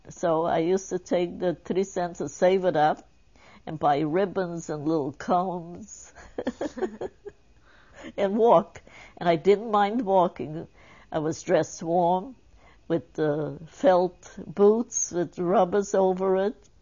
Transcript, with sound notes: So I used to take the three cents and save it up and buy ribbons and little combs (she laughs) and walk and I didn't mind walking, I was dressed warm with felt boots with rubbers over it